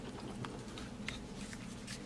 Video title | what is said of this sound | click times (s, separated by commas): 1 Hour Of Hulk Toys - Hulk Collection - Collectible Action Figures Compilation | just push it in until you hear that snapping into place | 1.1 s